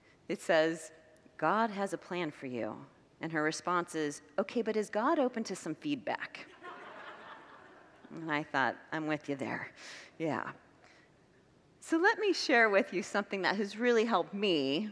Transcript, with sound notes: It says, “God has a plan for you.” And her response is, “Okay, but is God open to some feedback?” [Congregants laugh] And I thought, “I’m with ya there.” Yeah. So let me share with you something that has really helped me